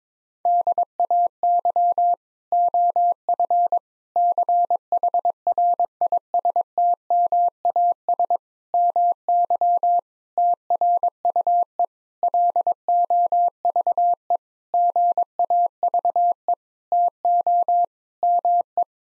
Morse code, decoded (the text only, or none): DAY OF CHRISTMAS MY TRUE LOVE GAVE TO ME